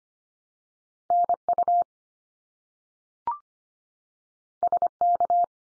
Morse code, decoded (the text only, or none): NU SK